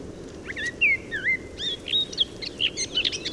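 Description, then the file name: Eurasian blackcap singing a rapid, varied warble of clear whistled notes and chirps, smoother fluty phrases first, then a busier twittering run. "Sylvia atricapilla"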